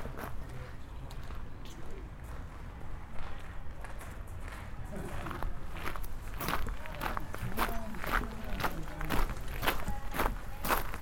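Footsteps crunch along a walk at Nijō Castle in Kyoto, with steady rumble underneath. The first half is quieter and murkier; from about six seconds the steps become sharper, brighter and more regular, with faint voices mixed in.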